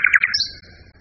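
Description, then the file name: Common nightingale phrase: a few quick scratchy chirps followed by a thin, high, fading whistle, very brief. Song variation. "kicauan-nightingale-b-variasi 5-omkicau"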